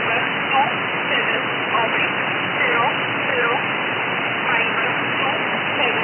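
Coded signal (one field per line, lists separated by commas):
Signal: numbers station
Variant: E11 Oblique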